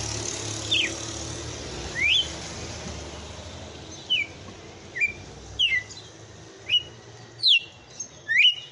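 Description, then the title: Red-cowled cardinal song: sharp whistled notes, some slurring down and some sweeping up, given singly at uneven gaps, closer together in the second half, over a faint low hum. Female. "Canto Galo Campina Fêmea"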